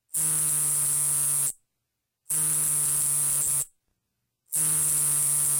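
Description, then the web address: Nebraska conehead katydid song: a shrill, high, even buzz in bursts of about one and a half seconds, separated by short silent pauses. "Crickets and Katydids. Nebraska Conehead Katydid, Neoconocephalus nebrascensis"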